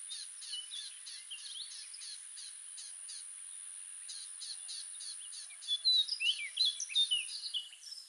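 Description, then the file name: Orchard oriole song, a short burst of loud slurred whistles near the end, with evenly spaced ticking pulses in the background through most. "Orchard Oriole - Icterus spurius"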